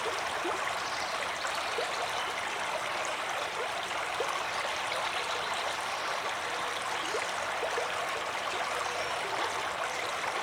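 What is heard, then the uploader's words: A stream runs steadily, a dense, even rush of water with no pauses. The sound sits in the middle and upper range, bright and hissing, with little low rumble. Small splashes and trickles flicker constantly through it at close range. Nature's Calming Stream White Noise.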